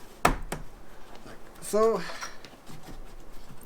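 After the headlight unit on a Land Rover Discovery 3 / LR3 is put back, its plastic retaining levers are pushed down into the locked position on the body mount. A sharp snap at 0.3 s shows the levers seating, followed by a fainter tap and someone talking.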